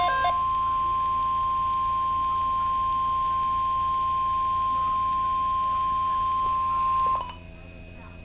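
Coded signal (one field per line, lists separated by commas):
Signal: Emergency Alert System (SAME) tones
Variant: 1050 Hz attention tone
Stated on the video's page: Real NOAA Weather Radio SAME tones for tornado watches.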